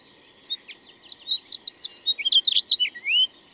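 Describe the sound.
Bird song: one continuous phrase of fast, high warbling chirps and whistles, rising in loudness and ending with a long sliding note.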